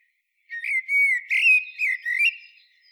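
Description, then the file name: Common blackbird song: a single mellow whistled phrase of several slurred, warbling notes, fading out at the end. "Turdus merula"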